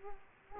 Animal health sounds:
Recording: mosquito wingbeat signal from an infrared sensor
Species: Aedes aegypti

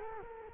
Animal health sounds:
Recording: mosquito wingbeat signal from an infrared sensor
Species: Culex quinquefasciatus

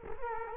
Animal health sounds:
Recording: mosquito wingbeat signal from an infrared sensor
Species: Culex quinquefasciatus

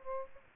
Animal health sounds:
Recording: mosquito wingbeat signal from an infrared sensor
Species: Aedes aegypti

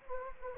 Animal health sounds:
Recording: mosquito wingbeat signal from an infrared sensor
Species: Anopheles gambiae

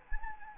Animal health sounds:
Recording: mosquito wingbeat signal from an infrared sensor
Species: Anopheles gambiae

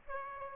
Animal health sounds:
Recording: mosquito wingbeat signal from an infrared sensor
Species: Aedes aegypti

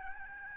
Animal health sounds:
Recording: mosquito wingbeat signal from an infrared sensor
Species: Aedes albopictus

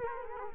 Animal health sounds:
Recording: mosquito wingbeat signal from an infrared sensor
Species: Culex quinquefasciatus

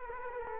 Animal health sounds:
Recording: mosquito wingbeat signal from an infrared sensor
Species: Culex quinquefasciatus

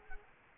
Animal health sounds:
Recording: mosquito wingbeat signal from an infrared sensor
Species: Culex quinquefasciatus

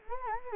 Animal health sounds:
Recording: mosquito wingbeat signal from an infrared sensor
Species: Anopheles gambiae

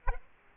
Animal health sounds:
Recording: mosquito wingbeat signal from an infrared sensor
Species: Culex quinquefasciatus

